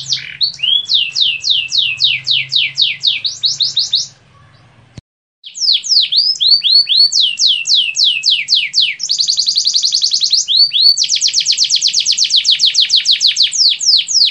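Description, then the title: Yorkshire canary song: rapid series of downward-slurred whistled notes and trills, a brief break, then a fast, buzzy, sustained trill. Long song ('kicau panjang'); the bird is described as gacor, singing vigorously. "Suara Burung Kenari Yorkshire Gacor Kicau Panjang"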